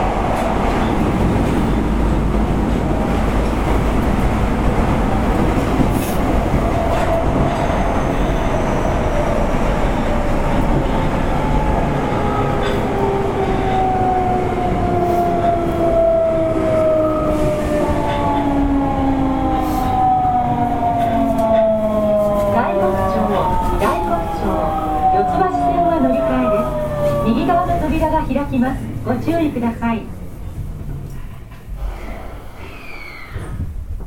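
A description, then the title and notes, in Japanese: A train runs with a steady low rumble, while whining motor tones slide downward from mid-clip, with clicks and thumps toward the end. 北大阪急行 8000系 動物園前から新大阪まで。北大阪急行電鉄の8000系電車の走行音です。大阪市営地下鉄御堂筋線内で収録しました。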